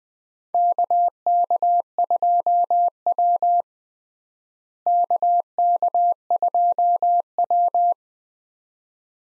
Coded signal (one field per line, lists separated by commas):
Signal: Morse code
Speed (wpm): 20 wpm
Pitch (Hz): 700 Hz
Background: none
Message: KK2W KK2W